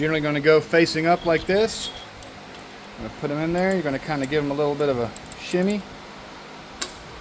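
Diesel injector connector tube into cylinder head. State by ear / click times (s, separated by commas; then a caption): seated / 6.8 s. A fuel injector connector tube for a 6.7 Cummins diesel is pushed into the cylinder head with a slight shimmy while someone talks. A sharp click at 6.8 s marks the tube seating into place, confirming it is in there good.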